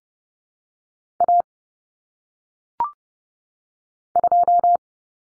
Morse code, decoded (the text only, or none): A 2